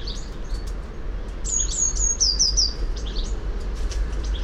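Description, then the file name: Eurasian blue tit song: a short series of high, thin notes, three clear tones followed by quicker descending trilled notes, over a low background hum. "Cyanistes caeruleus"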